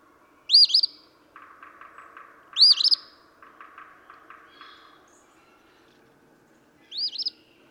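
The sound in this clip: Eastern phoebe song, brisk buzzy phrases given three times, with soft rhythmic ticking notes in the background.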